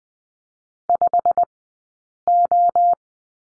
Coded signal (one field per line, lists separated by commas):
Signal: Morse code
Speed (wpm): 20 wpm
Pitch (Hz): 700 Hz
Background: none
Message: 5O